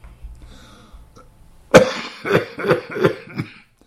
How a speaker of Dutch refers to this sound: Sorry dat ik zit te hoesten, maar ik zit hier te roken.